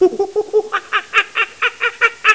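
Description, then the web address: Monkey giving hoarse, nasal chattering calls, a rapid run of short notes. "MOBICLIC. Sound singe"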